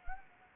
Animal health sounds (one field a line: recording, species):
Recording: mosquito wingbeat signal from an infrared sensor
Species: Anopheles gambiae